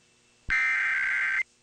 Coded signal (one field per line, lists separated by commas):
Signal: Emergency Alert System (SAME) tones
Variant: header bursts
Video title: EAS # 1017-1034: "You gotta hear this, I'm serious- (Same Header)" (Alerts of May 2022)